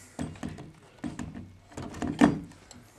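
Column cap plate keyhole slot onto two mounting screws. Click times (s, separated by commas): 2.2 s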